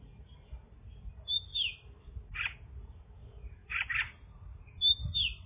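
Bird song of high down-slurred whistles and short buzzy chirp bursts, spaced over about five seconds, over a faint low rumble.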